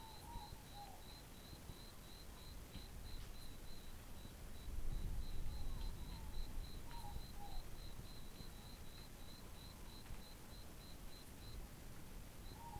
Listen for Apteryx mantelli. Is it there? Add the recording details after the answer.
no. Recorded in New Zealand on 11 December 2014. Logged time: 22:44. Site CF20